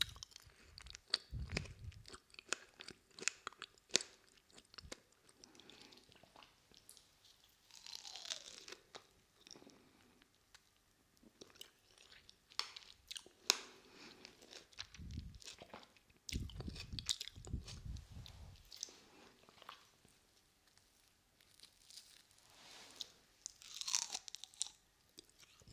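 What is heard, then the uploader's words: Eating sounds: dense, irregular crunches and bites crackle through the whole clip, with sharp bright snaps scattered throughout. Soft low thumps of chewing come in short bursts around the start and again near the middle. Eating Sounds.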